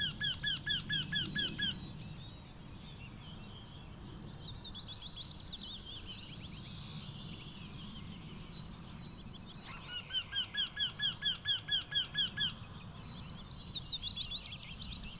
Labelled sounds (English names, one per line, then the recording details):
Eurasian Wryneck song
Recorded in the wild
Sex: male
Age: adult
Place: Schönow, Naturpark Barnim, Brandenburg, DE
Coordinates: 52.6954, 13.505
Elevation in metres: 68
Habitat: coniferous forest
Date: 2014-04-27
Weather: cloudy, 10°C, windless
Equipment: Sound Devices 702, Sennheiser MKH 70, Rycote Windschutz
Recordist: Frommolt, Karl-Heinz